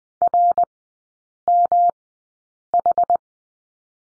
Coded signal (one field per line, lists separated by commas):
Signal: Morse code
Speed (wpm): 20 wpm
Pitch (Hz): 700 Hz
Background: none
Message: RMH